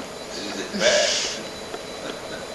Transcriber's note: laughs